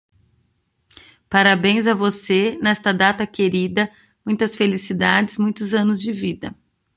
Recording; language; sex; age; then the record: short text; Brazilian Portuguese; female; 30 to 39 years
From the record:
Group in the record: control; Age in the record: 36 years